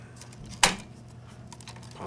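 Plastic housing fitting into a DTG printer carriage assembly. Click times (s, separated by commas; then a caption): 0.6 s. A plastic housing on a DTG printer carriage assembly is tilted back over small connectors and the ink tubing, given a wiggle, and pushed home. A sharp snap at 0.6 s stands out above faint light ticks, with quieter clicks near 1.5–1.7 s. The housing pops into place and is seated.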